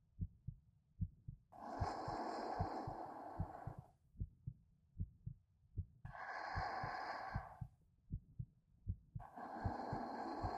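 Steady, fairly quick, pounding heartbeat thumps from an adult woman, with slow breaths heard in the background; ordinary heart sounds.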